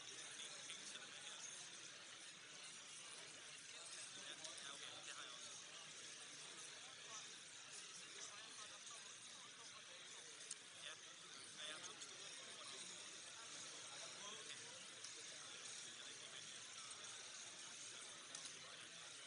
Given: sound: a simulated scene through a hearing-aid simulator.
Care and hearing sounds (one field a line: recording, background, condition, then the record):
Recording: conversation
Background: cafeteria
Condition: -6 dB SNR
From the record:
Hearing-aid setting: anchor resembling a broken hearing aid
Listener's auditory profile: B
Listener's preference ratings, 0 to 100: 4, 3, 9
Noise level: 65 dB SPL